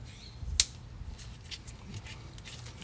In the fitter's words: snap this into place. You can hear the click.